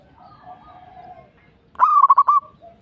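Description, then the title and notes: Zebra dove song: faint soft notes lead into one loud phrase of a sharp rise followed by four or five rapid pulsed notes. Local (lokal) bird. "Kicau Perkutut Lokal 1. Kicau Burung Perkutut"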